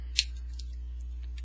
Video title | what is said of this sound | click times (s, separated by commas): Leader Class Movie 2007 Brawl | part will come out and eventually lock into place and you push out the rest of the way | 0.2 s